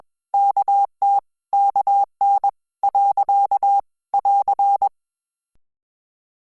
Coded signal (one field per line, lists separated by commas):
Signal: Morse code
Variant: Korean alphabet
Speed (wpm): 21 wpm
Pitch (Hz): 800 Hz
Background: none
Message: 어 요 . <AR>